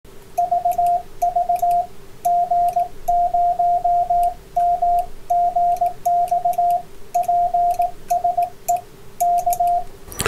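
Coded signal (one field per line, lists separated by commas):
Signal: Morse code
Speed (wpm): 18 wpm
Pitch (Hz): 700 Hz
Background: radio noise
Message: VV G0MGX PSE K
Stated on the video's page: Received on the low bands after reducing receive noise with low-impedance twin feeder and a mains filter.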